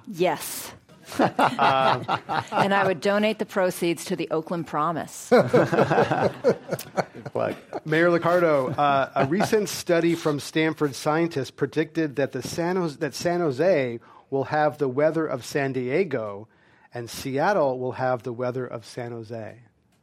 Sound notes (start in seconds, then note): 1.0 laughter; 5.3 laughter